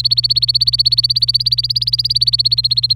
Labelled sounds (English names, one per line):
Domestic Canary song